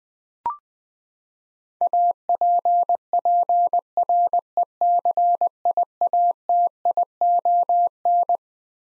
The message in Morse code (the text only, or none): APPRECIATION